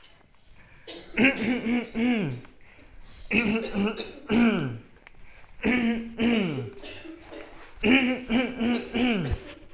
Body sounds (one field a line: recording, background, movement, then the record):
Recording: throat clearing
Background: a bystander coughing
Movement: walking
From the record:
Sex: male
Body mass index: 20.6 kg/m2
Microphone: on the chest, facing the body